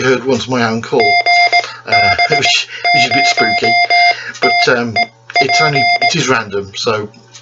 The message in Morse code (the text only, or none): GB0TEP